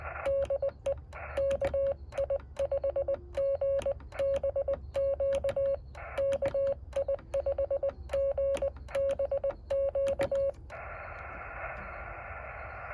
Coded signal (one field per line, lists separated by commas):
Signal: Morse code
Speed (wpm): 20 wpm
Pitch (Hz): 550 Hz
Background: radio noise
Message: DE KI5GBQ KI5GBQ